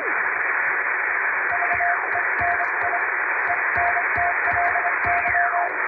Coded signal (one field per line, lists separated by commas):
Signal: Morse code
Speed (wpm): 25 wpm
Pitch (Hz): 700 Hz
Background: radio noise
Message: VENIENTLY